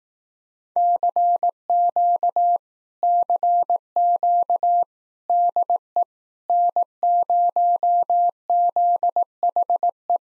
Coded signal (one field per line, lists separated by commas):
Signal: Morse code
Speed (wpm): 18 wpm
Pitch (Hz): 700 Hz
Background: none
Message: CQ CQ DE N0ZHE